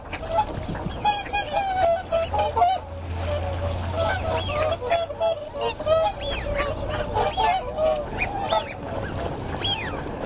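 Waterfowl calling as a flock: many overlapping honks and nasal cries in a busy, continuous clamor throughout.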